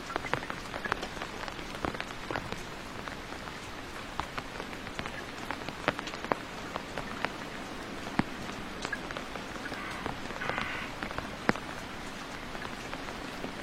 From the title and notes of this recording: Listening to the sound of continuous rain in the study.